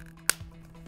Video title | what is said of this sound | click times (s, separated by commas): SCOTT Prospect WFS Works Film System Installation Tutorial | Once you've done that, you want to push in on the black tabs, locking the door onto the canister. | 0.3 s